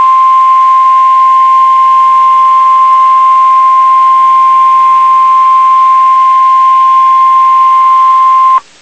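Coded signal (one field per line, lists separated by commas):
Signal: Emergency Alert System (SAME) tones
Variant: 1050 Hz attention tone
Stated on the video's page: Required weekly test from NOAA Weather Radio station in Columbus, Ohio.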